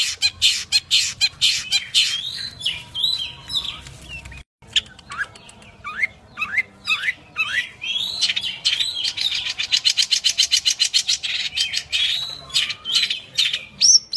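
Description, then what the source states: Long-tailed shrike song: a busy run of chirps, sweeping upslurred whistles and squawky notes, then a fast rattling series of sharp clicks later on. Assorted masteran bird songs.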